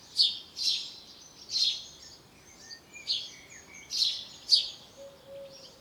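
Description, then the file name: House sparrow chirps, sharp repeated notes in irregular bursts, several in quick succession. "Passer domesticus"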